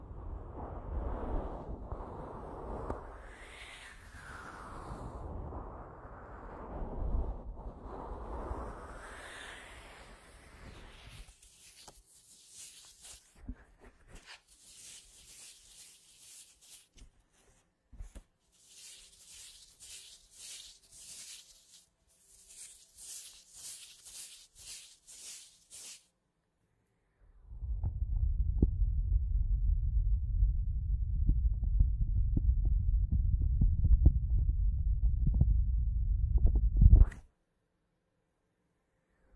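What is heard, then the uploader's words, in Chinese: Rubbing of stockings and gloves. It opens with slow, soft swishing strokes, then turns to bursts of crisp, rapid scratching. Around the 27-second mark a dense, low rumbling friction takes over for ten seconds before cutting out. 丝袜手套摩擦音。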